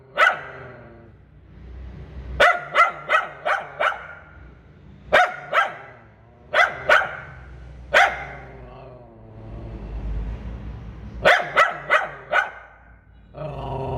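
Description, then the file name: Poodle barking in runs of sharp barks, with pauses between runs and single barks in between. "Tieng cho poodle sua"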